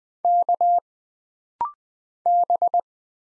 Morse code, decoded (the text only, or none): K B